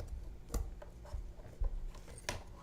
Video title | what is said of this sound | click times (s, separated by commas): 3D Hangouts – LED Shoes, Chaos Emeralds and Fruit Bowls | and then he definitely hopes to uh sort of squeeze the heel and it snaps right in like that | 2.3 s